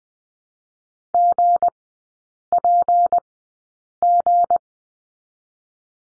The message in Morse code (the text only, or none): GPG